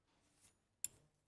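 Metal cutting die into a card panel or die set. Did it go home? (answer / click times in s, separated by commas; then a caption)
yes / 0.8 s. A thin metal swing die is fitted into the matching part of a card panel before die cutting. Faint handling rustle leads up to one sharp click at 0.8 seconds as the die seats, followed by a brief low thud that fades out. The die is seated in place.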